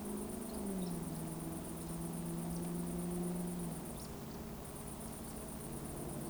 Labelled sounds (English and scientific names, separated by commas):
Eurasian Woodcock (Scolopax rusticola) chase call